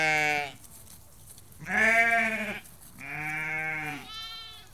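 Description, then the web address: Sheep bleating in turn, four drawn-out quavering bleats of differing pitch. About 30 to 50 ewes and lambs calling. "The BBC Sound Effects Library Livestock About 30-50 Ewes and Lambs Calling"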